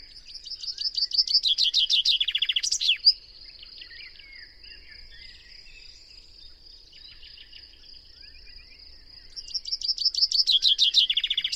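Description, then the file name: Common chaffinch singing a rapid run of chirpy notes that drops in pitch and ends with a sharp flourish, repeated after a pause, with a constant high background whine. "Fringilla coelebs"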